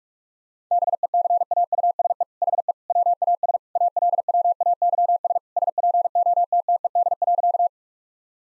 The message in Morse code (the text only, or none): BECAUSE HE WAS ALWAYS SPOTTED.